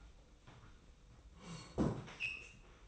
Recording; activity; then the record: daily activity, microphone in the room; sit down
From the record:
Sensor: 1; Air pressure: 990.4 hPa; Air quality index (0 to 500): 152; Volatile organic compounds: 1000 ppm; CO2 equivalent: 5496 ppm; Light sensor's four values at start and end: 33/76/33/35 and 33/77/33/35